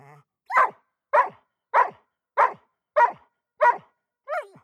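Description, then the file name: Dog barking in a steady series of seven sharp, strained barks, each with a whining, tonal edge, the last one more tonal and whiny. Barking mixed with whining. "dog bark whine"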